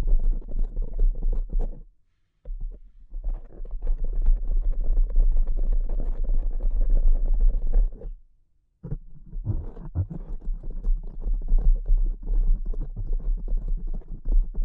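Soft, delicate tapping runs in a dense, continuous patter of small muffled ticks over a steady low rumble. The sound is dull and soft-edged, not crisp. It drops to silence twice, briefly near two seconds and again around eight seconds, then resumes.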